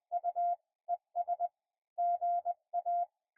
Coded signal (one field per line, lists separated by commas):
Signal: Morse code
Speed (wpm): 20 wpm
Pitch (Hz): 700 Hz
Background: none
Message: U ES GA